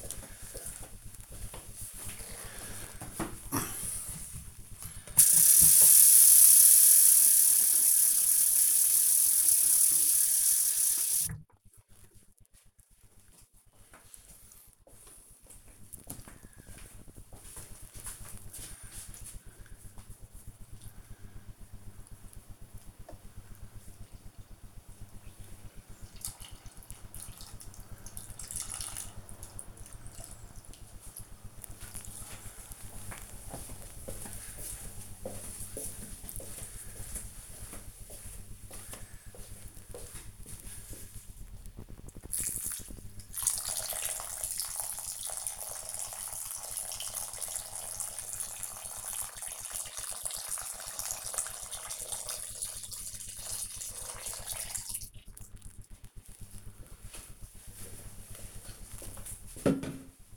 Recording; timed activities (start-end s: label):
household activities, microphone on the right wrist
5.46-55.88 s: watering plant